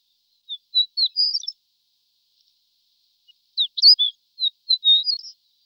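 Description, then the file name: Horned lark song: high, sweet tinkling notes accelerating into a brief twittered flourish, a pause, then a second, more complex phrase of rising and falling notes. "Skrivan ouskaty Eremophila alpestris"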